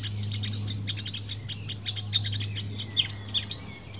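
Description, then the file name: Eurasian blackcap giving quick, high, sharp notes repeated several times a second, mixed with clicking ticks, over a low steady hum. "Sylvia atricapilla"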